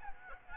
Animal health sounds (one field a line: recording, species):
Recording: mosquito wingbeat signal from an infrared sensor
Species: Aedes aegypti